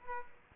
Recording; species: mosquito wingbeat signal from an infrared sensor; Culex quinquefasciatus